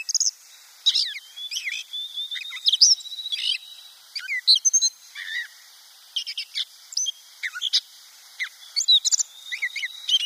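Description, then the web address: Gray catbird song, a long jumbled run of varied squeaky, mewing and chattering notes in short, irregular phrases. "Schulze Peter Grey Catbird song"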